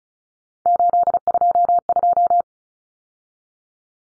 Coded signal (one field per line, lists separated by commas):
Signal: Morse code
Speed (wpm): 34 wpm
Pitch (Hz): 700 Hz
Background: none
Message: 822